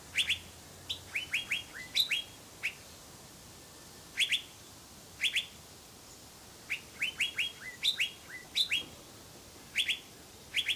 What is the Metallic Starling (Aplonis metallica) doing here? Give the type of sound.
song